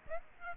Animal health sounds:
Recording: mosquito wingbeat signal from an infrared sensor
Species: Aedes aegypti

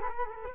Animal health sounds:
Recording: mosquito wingbeat signal from an infrared sensor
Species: Culex quinquefasciatus

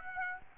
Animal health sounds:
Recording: mosquito wingbeat signal from an infrared sensor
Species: Aedes aegypti

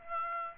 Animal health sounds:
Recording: mosquito wingbeat signal from an infrared sensor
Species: Aedes aegypti

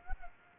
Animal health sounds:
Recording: mosquito wingbeat signal from an infrared sensor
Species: Culex pipiens

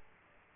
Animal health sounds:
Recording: mosquito wingbeat signal from an infrared sensor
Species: Aedes aegypti

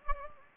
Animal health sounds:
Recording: mosquito wingbeat signal from an infrared sensor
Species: Anopheles gambiae

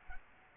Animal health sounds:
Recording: mosquito wingbeat signal from an infrared sensor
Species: Culex quinquefasciatus

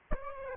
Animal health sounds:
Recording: mosquito wingbeat signal from an infrared sensor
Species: Aedes albopictus

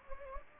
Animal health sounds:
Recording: mosquito wingbeat signal from an infrared sensor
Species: Anopheles gambiae

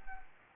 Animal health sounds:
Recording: mosquito wingbeat signal from an infrared sensor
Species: Anopheles gambiae

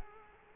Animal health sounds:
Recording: mosquito wingbeat signal from an infrared sensor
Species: Culex quinquefasciatus

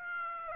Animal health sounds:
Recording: mosquito wingbeat signal from an infrared sensor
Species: Aedes aegypti

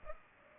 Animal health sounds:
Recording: mosquito wingbeat signal from an infrared sensor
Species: Culex pipiens

